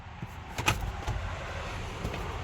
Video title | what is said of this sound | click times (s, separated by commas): How to Change a Cabin Air Filter for a 2018 Toyota Highlander #cars #dyi #toyota | everything will snap in | 0.6 s, 0.7 s